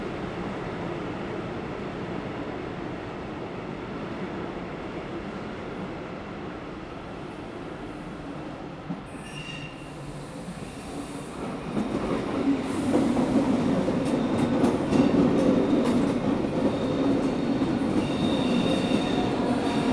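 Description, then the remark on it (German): An S4 S-Bahn commuter train arrives in Hildesheim, Germany, rolling in with a steady low rumble that swells louder partway through, joined by thin, high wheel squeals and a rhythmic clatter over the rails. “S4 von Bennemühlen. Weiter als S4 nach Bennemühlen über Emmerke. Abfahrt 7.7. Vorsicht bei der Einfahrt.”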